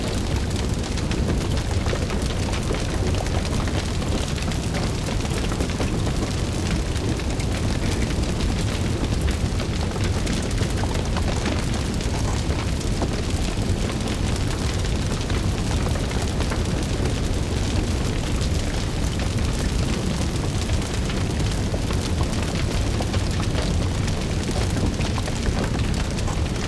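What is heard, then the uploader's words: A dense, steady wash of rain and hiss fills the whole clip, heavy in the low end with a constant rumbling roar underneath. Fine crackles and pops run throughout, like a fire, and the level never rises or falls. One hour of cosy cabin ambience. White noise, rain sounds, crackling fire noise, and rumbling thunder.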